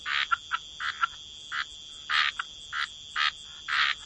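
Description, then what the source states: Frogs croaking in short raspy bursts, several a second at irregular spacing, over a steady high insect-like drone. Frog chorus.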